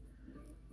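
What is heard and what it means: A screw-down crown on an automatic mechanical watch is turned back along its threaded case tube until it comes free of the threads. One short, faint click is heard at 0.5 s as the crown releases from the threads.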